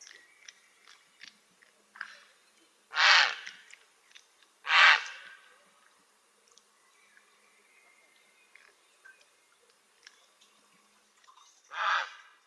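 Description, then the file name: Grey heron giving harsh, rasping croaks, three loud ones spaced irregularly plus a fainter one, with faint chirps and whistles from other birds in the background. "Czapla Siwa"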